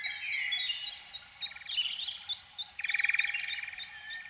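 Canary song: bright high chirps repeated over rolling buzzy trills, with a steady faint hum underneath.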